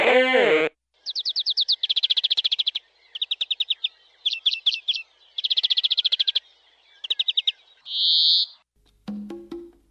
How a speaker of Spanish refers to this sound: Se denomina canto de aves a los sonidos vocales que las aves emiten, a un nivel no técnico.